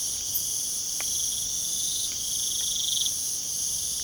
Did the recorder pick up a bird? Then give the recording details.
no. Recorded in pastures near Puerto Asís, Putumayo, Colombia, on 25 June 2025 at 01:00. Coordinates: 0.497, -76.327. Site G040